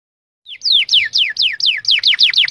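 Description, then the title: Canary song: a clean series of about ten downslurred whistled notes, repeated quickly and evenly, each sweeping from high to lower pitch. Singing canary described as "gacor" (singing freely and nonstop), presented as a first-place competition champion. "Suara Kenari Gacor Suara Kicau Burung Kenari Gacor Juara 1"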